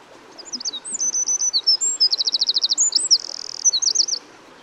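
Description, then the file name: Eurasian Wren song, a single energetic phrase of high, rapid notes mixing sharp chips, steady trills and a buzzy rattle, lasting about four seconds. "Troglodytes troglodytes"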